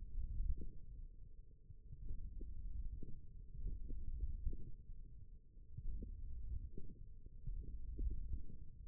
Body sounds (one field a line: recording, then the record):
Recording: forearm muscle sounds (acoustic myography)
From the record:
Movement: hook grip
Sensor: system 1, eight BSWA MPA416 microphones around the upper forearm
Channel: 4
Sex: male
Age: 18 years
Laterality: right